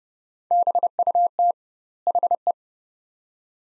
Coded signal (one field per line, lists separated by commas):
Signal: Morse code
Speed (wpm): 30 wpm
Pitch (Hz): 700 Hz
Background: none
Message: BUT HE